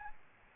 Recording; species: mosquito wingbeat signal from an infrared sensor; Aedes albopictus